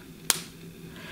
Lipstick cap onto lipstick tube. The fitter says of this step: it's a magnetic click so you know that it's going to stay closed in your makeup bag